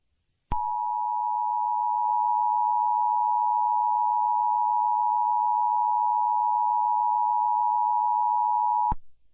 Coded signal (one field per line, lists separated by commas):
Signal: Emergency Alert System (SAME) tones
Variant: 853 and 960 Hz attention tone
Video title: EAS Short Scenario 35 - Tornadic Nightmare Path